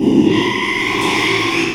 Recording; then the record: squeal of a Yucatan mini pig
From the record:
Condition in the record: after surgery on the right vocal fold (resection and tissue-engineered implant); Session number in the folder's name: 1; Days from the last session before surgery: 6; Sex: male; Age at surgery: 12 weeks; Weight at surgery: 13 kg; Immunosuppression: cyclosporine, prednisolone